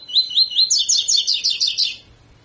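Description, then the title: Double-collared seedeater song, a rapid string of sweet, slurred high notes that shift upward partway through, then a faint low hum. Tutor song used for teaching young birds; the song style is called tui tui fibra. "COLEIRO TUI TUI FIBRA"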